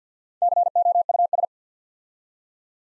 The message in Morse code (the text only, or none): COUS